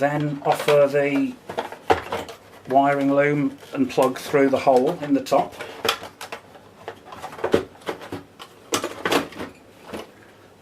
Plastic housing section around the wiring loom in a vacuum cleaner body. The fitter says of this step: push it back down until it clicks, which it has.